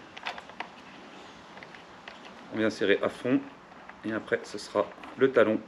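The small screw cap goes back onto the CO2 capsule tube of an Umarex Canex 5.5mm CO2 air rifle after two capsules are loaded, with faint sharp handling ticks at about 0.2, 0.3, 0.4, 0.6, 1.6 and 2.1 seconds. From about 2.5 seconds someone talks about screwing the cap fully down and letting the stock's butt finish the seating. Nothing has seated or clicked yet.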